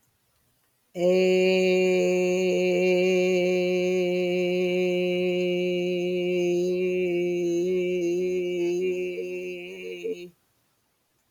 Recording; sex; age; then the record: vowel held as long as possible; female; 60 to 69 years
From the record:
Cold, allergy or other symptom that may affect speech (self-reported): no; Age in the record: 67 years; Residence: South Carolina, United States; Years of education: 14